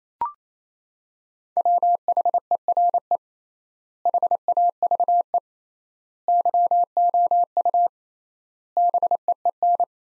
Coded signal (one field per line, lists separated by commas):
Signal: Morse code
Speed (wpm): 28 wpm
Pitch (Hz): 700 Hz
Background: none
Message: WHERE HAVE YOU BEEN